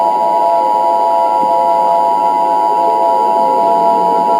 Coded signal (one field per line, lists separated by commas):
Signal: Emergency Alert System (SAME) tones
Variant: 853 and 960 Hz attention tone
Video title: EAS Short Scenario: Dash.exe